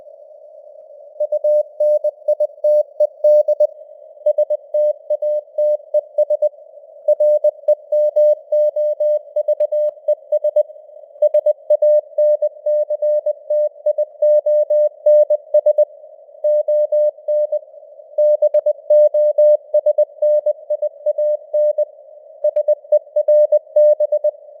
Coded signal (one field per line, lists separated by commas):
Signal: Morse code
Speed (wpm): 20 wpm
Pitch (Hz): 600 Hz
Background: none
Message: UNITED STATES REMOVES SANCTIONS ON BOSNIAN SERB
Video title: Morse Code News | 2025-10-29 | 20wpm